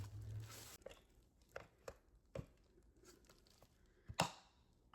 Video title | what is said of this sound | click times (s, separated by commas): Unboxing & Review - LED Makeup Mirror with 1X/10X Magnification, 3 Light Modes & Phone Holder | All right. and it snaps into place. | 4.2 s